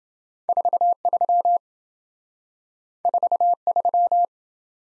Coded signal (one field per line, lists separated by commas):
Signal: Morse code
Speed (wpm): 27 wpm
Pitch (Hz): 700 Hz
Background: none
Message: 43 43